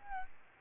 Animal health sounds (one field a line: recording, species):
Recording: mosquito wingbeat signal from an infrared sensor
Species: Aedes albopictus